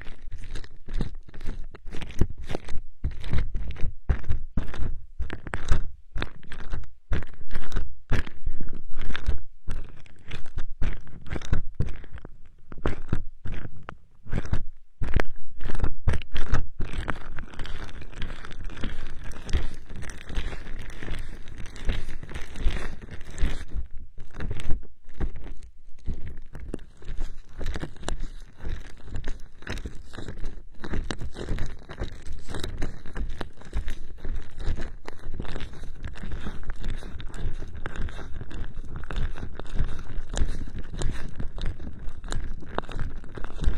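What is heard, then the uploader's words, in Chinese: Homemade aloe gel being worked in an ear-massage style, with dense, sticky squelches and crunchy crackles. The first fifteen seconds are choppy, with sharp bursts and brief silences; afterward the wet, crinkly rubbing runs more continuously, full. 自制芦荟胶，按摩你的耳朵。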